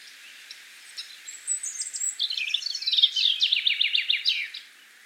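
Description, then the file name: Common chaffinch gives one song: thin high notes, then a fast series of chips; faint bird notes beforehand. "Fringilla coelebs"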